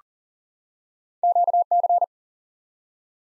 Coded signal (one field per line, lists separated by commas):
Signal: Morse code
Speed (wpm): 40 wpm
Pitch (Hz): 700 Hz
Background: none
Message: QC